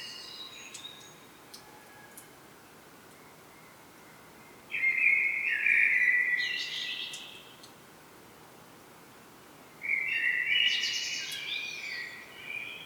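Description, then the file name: Common blackbird song: two fluted warbling phrases, each sliding into a high, thin twittering flourish, separated by a pause. "Turdus merula"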